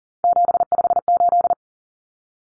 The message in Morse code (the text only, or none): 758